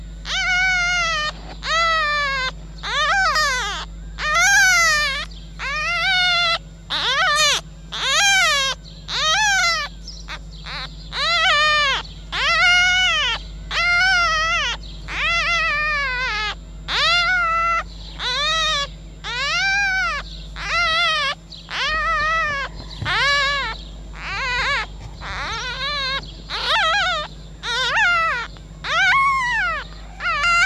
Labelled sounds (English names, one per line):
Red Fox